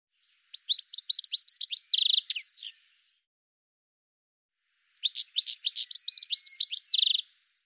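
Bird singing two bursts of rapid, high chirps and trilled notes, each about two seconds long, separated by a silent pause; no other sounds.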